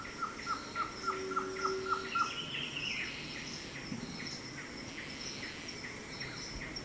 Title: LuckyPassaro. Sao Francisco Sparrow (Arremon franciscanus)